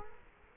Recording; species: mosquito wingbeat signal from an infrared sensor; Culex quinquefasciatus